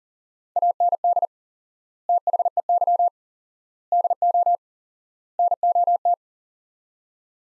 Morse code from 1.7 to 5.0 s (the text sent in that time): THEY DO